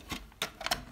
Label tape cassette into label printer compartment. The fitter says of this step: you're gonna push until you hear that click.